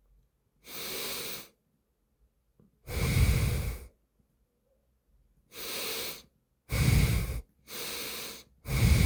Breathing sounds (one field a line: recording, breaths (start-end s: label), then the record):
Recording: nose breathing near a microphone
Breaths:
0.33-1.53 s: inhalation
2.53-4.08 s: exhalation
5.28-6.13 s: inhalation
6.13-7.38 s: exhalation
7.38-8.38 s: inhalation
8.38-9.06 s: exhalation
From the record:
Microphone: phone